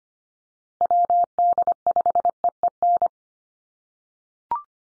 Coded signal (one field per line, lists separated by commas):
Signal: Morse code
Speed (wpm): 25 wpm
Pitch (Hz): 700 Hz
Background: none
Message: WD5EEN